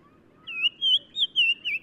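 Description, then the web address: Black-crowned tchagra calls: soft low whistles, then five louder high whistled notes at a fairly even pitch, briefly spaced. Recorded in Morocco. "Black-crowned Tchagra. new sound approach title morocco"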